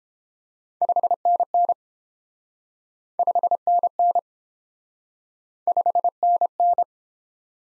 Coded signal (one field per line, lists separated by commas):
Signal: Morse code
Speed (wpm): 29 wpm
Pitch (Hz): 700 Hz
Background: none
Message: 5NN 5NN 5NN